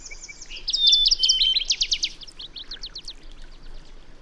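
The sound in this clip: Bird song with overlapping high chatter and thin whistles, building into a run of loud sharp notes that fade gradually.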